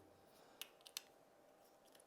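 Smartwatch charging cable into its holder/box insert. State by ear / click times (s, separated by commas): partly seated / none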